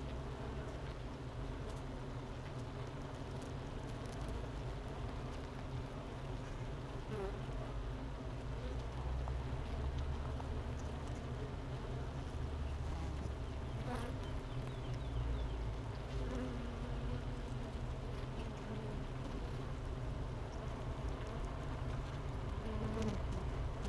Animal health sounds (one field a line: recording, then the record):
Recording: honeybee colony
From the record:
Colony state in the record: missing queen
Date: 31 May 2018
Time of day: 11:19